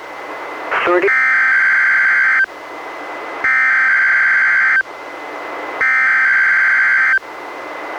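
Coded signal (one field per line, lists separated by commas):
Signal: Emergency Alert System (SAME) tones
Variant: header bursts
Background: speech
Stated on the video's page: NOAA Weather Radio required weekly test relayed by an NWR station, recorded from a Reecom R-1630 weather radio through a Zoom H1 audio recorder.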